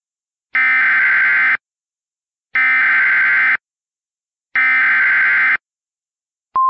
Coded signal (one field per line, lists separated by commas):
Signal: Emergency Alert System (SAME) tones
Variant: header bursts